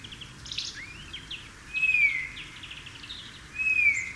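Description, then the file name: Eurasian bullfinch giving soft, piping, slightly descending whistled calls, two clear notes about two seconds apart, with faint twittering of other birds behind. "Pyrrhula pyrrhula"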